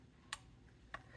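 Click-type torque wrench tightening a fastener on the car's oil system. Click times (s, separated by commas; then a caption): 0.3 s. On a 2015 Toyota Camry oil change, a click-type torque wrench set to about 30 ft-lb tightens the oil drain plug or filter housing cap. It gives a sharp, bright click at 0.3 s, followed by a second, similar short click at 0.9 s, over a low background hum. The wrench clicks at 30 ft-lb, confirming the fastener is torqued.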